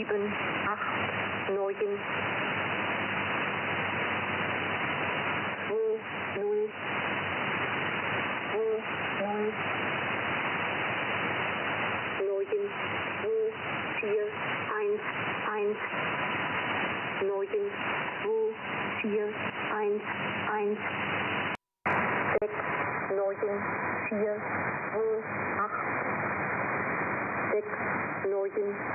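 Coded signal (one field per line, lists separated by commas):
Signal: numbers station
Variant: G06 German Lady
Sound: female voice reading single digits in short groups over constant shortwave hiss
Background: radio static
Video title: German Lady G06, 436 789 20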